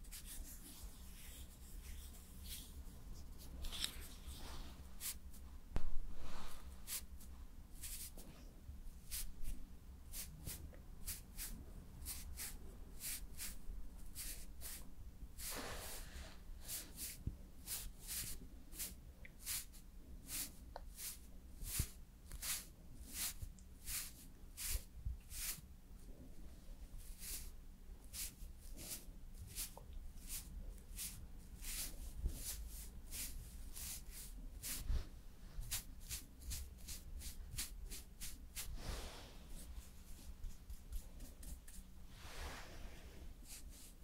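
Makeup and hair styling with a steady low hum beneath soft rubbing and frequent quick taps and clicks that cluster in busy runs toward the end.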